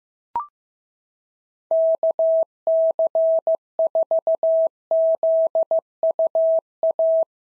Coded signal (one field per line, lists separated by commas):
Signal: Morse code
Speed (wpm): 15 wpm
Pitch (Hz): 650 Hz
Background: none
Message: KC4ZUA